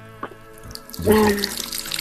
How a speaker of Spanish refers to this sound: Yo sí estoy abriendo, espérame, estoy abriendo el agua.